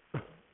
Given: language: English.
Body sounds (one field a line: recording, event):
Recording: throat vibration sensor signal played as sound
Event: cough